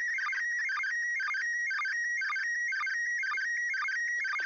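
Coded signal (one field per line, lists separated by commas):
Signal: SSTV (slow-scan television)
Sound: warbling tone, mostly steady near 1.9 kHz, with rapid chirps repeating about twice a second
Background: radio static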